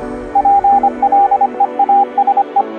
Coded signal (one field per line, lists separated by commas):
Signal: Morse code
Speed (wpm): 25 wpm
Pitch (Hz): 800 Hz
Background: none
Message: PLEASE